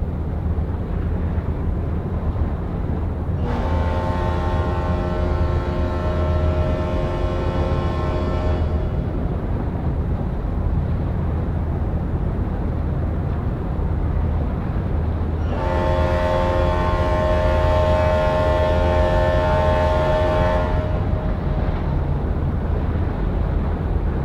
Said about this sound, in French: Toute l'année à la mer et qu'il y a du brouillard et qu'il y a du vent, on se retrouve souvent dans des situations dangereuses en fait, ou imprévues. Et comme par temps de brouillard, on entend que les cornes de brume